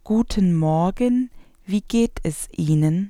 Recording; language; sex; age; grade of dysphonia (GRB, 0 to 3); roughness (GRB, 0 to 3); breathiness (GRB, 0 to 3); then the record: spoken sentence; German; female; 30 to 39 years; 0; 0; 0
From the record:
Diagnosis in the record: dysphonia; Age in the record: 34 years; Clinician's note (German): Kontrolle, kein stroboskopisch pathologischer Befund